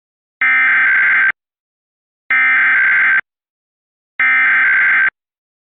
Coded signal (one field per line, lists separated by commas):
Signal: Emergency Alert System (SAME) tones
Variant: header bursts